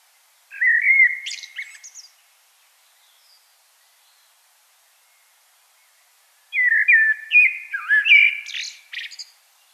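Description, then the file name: Common blackbird: two separate song phrases, a short fluty warble followed by a long silence, then a longer melodious phrase that ends in high chittering. "Turdus merula"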